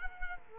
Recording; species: mosquito wingbeat signal from an infrared sensor; Culex quinquefasciatus